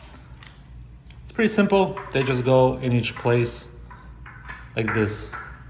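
A caster wheel stem is pushed by hand toward a socket in the plastic star base of a Homall S-Racer gaming chair while someone talks. A few light handling taps are heard. Nothing has seated or clicked yet.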